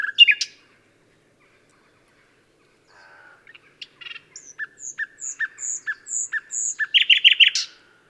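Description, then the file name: Common nightingale song: a short harsh burst, a long silence, then spaced paired notes repeated in a steady rhythm building into a rapid chatter. "Luscinia megarhynchos"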